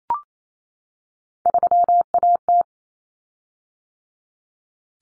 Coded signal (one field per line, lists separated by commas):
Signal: Morse code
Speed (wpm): 28 wpm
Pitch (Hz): 700 Hz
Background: none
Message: 3AT